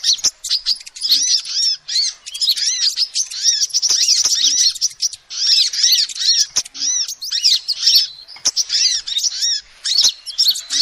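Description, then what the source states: Lovebird calling, bursts of high, scratchy squeaks and curved chirps separated by short silences, with scattered sharp ticks. Lovebird calls used as a lure to trap birds.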